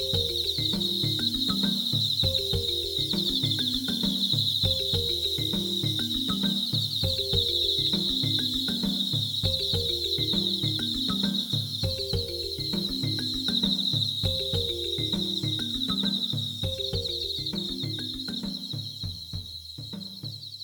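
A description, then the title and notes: Thousands of insects keep up a dense, steady, high chirring throughout, over a low repeating pattern of descending tones that cycles every couple of seconds. Thousands of insects. Nature Sound Effect : miduno.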